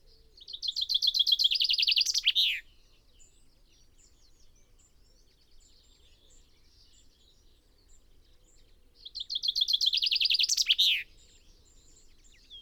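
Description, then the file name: Common chaffinch delivering two songs with a long pause between, each a cascading run of notes ending in a flourish. "Fringilla coelebs"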